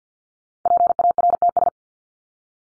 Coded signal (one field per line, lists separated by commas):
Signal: Morse code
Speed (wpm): 50 wpm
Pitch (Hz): 700 Hz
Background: none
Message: PARTS